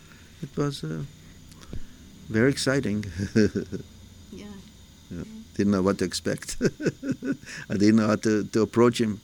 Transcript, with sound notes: It was very exciting. (laughs) Didn't know what to expect. (laughs) I didn't know how to approach him.